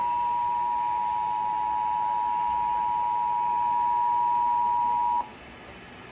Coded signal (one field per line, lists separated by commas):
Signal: Emergency Alert System (SAME) tones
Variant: 853 and 960 Hz attention tone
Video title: EAS Request Scenario: Stranger Danger (Requested by To Be Announced)